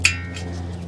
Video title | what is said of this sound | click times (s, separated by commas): 2016 - 2022 Honda Pilot How To Replace Front Tubular Struts DIY! Ridgeline Odyssey Acura MDX RDX TLX | We're lined up. So, just push that on till it clicks into place. | 0.0 s